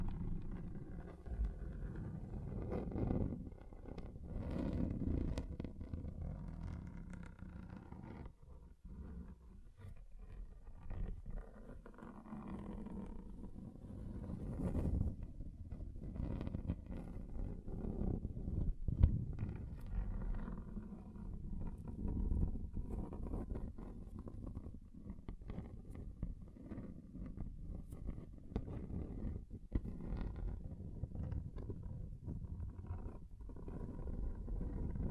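A table is scraped across different surfaces, making a continuous, low, growling grind that rarely lets up. The rough texture swells and fades in uneven strokes, dipping briefly around nine seconds, with scattered sharper scratches and one louder knock near nineteen seconds.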